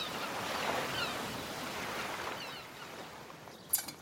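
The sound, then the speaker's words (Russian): Steady washing surf of sea waves rolling and breaking, a broad hissing wash that swells and eases, with a brief sharp splash near the end; no voices. “Чекан задумчиво смотрит на море.”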